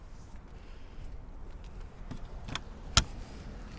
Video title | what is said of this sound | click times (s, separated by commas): Magic Docked or Just Locked Out? Retesting IONIQ 5 Non-Tesla Charging Across NY State | latches in fairly comfortable there's some slack there so I'm not stressing that cable I | 3.0 s